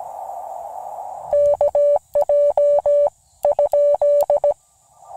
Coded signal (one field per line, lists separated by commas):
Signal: Morse code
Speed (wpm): 17 wpm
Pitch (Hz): 580 Hz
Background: none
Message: KJ ?